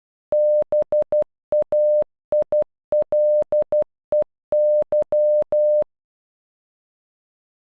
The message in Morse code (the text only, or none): BAILEY